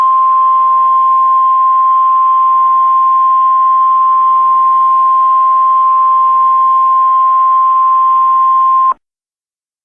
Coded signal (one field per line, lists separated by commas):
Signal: Emergency Alert System (SAME) tones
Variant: 1050 Hz attention tone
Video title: Emergency Alert System: Extreme Hostage Situation